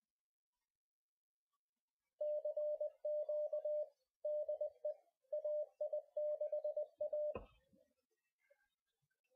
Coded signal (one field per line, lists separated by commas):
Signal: Morse code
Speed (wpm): 20 wpm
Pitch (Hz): 600 Hz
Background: radio noise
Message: CQ DE AI6A